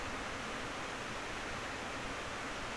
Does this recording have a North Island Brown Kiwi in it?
no